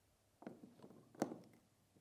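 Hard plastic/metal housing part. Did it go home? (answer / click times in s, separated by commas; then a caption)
yes / 1.2 s. The cylinder of an SSR4 Mk2 airsoft gearbox, sitting tilted upward, is pressed down into the gearbox half, with a soft tap near 0.5 s and some light handling noise. A sharp click at 1.2 s marks the cylinder snapping into the shell and sitting fully in place.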